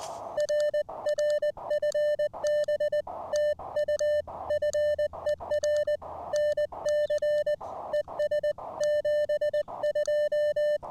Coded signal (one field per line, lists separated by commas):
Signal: Morse code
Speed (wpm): 20 wpm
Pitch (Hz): 600 Hz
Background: music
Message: RR FB TU FER NC ES 72